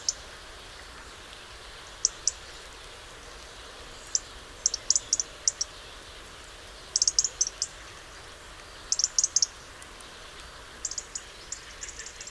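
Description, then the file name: European robin ticking: bursts of rapid, very high clicks every second or two, some runs of four or five ticks, over quiet steady hiss. "Erithacus rubecula"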